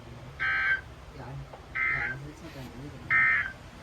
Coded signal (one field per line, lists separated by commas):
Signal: Emergency Alert System (SAME) tones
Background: speech